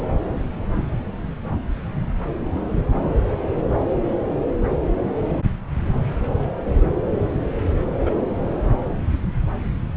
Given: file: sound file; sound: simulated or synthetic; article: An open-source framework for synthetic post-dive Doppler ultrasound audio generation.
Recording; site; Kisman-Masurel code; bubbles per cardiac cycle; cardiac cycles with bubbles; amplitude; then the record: Doppler ultrasound audio after a dive; subclavian; 112; 1–2; 1–10%; moderate amplitude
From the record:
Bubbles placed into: full cardiac cycles